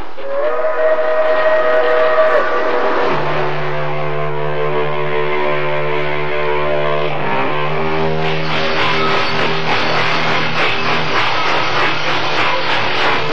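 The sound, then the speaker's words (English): A freight train rumbles along the rails, its steady clatter joined by a loud, sustained steam whistle with layered tones that fades into hissing, rattling wheel noise. “I was bumped, I knew we had come to a stop. The freight train doors were slid open”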